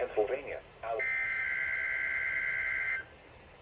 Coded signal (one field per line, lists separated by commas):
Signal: Emergency Alert System (SAME) tones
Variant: header bursts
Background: speech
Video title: Required Weekly Test On WWG53 7/9/2025 EAS #16